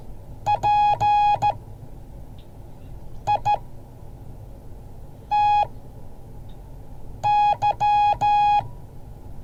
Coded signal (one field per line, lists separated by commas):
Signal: Morse code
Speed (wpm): 14 wpm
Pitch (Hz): 830 Hz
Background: none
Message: PITY